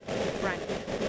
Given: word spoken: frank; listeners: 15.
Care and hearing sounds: one English word in noise, from a listening test; noise modulated by three-talker babble; -5.6 dB; 2 of 15; 11 of 15; 0.69 s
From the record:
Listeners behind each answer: 11, 2, 1, 1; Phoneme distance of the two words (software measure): 7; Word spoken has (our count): 1 syllable, 5 phonemes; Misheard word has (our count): 1 syllable, 4 phonemes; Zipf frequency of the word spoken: 4.64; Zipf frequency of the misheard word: 3.90

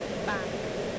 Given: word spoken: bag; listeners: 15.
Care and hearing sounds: one English word in noise, from a listening test; speech-shaped noise; -4.6 dB; 0 of 15; 7 of 15; 0.59 s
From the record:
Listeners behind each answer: 7, 3, 3, 1, 1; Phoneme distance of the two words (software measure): 17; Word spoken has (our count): 1 syllable, 3 phonemes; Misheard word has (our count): 1 syllable, 4 phonemes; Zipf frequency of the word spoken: 4.89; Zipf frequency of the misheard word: 5.28

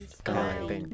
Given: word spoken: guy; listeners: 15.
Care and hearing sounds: one English word in noise, from a listening test; four-talker babble; -2.2 dB; 0 of 15; 7 of 15; 0.54 s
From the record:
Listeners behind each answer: 7, 1, 1, 1, 1, 1, 1, 1, 1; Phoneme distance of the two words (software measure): 24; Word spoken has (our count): 1 syllable, 2 phonemes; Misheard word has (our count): 1 syllable, 4 phonemes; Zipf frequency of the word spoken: 5.15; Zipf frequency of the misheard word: 5.60

